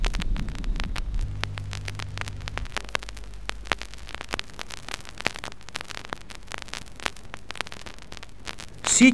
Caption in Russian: Сухие хрипы выслушиваются как при вдохе, так и при выдохе. Жужжащих, низких сухих хрипов.